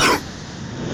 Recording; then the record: coughing mixed with background sound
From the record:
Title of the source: Coughing 46